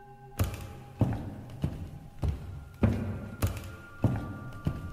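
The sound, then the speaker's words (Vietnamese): A woman's dry, knocking footsteps clatter along at night at a steady walking pace as she walks toward a wardrobe, about eight hollow thumps with sharp clicky edges, over a faint, steady hum and no voices. “Tiếng lộc cộc lẫn trong tiếng bước chân của cô vang lên khô khốc trong đêm.”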